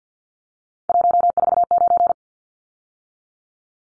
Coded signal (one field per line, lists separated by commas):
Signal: Morse code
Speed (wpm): 50 wpm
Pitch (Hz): 700 Hz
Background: none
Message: 149